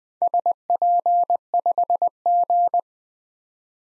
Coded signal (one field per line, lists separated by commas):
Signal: Morse code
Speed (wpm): 20 wpm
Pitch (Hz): 700 Hz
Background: none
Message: SP5G